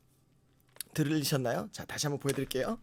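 An XLR cable plug is pushed into an XLR socket, and its latch clicks in at 0.8 s, seating the connector. Someone then talks.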